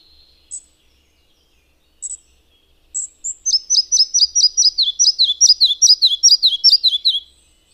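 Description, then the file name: Red-breasted flycatcher song, beginning with a few separate high notes, then a brisk string of repeated chirps that descend steadily over about four seconds. "Kis légykapó"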